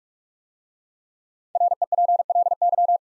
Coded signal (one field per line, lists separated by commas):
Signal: Morse code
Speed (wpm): 44 wpm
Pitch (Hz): 700 Hz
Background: none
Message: REPLY